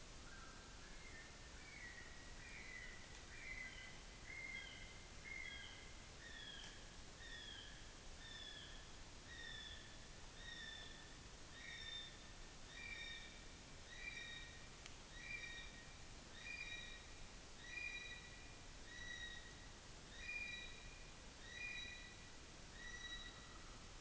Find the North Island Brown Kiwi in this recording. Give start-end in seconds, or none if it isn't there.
0.02-23.98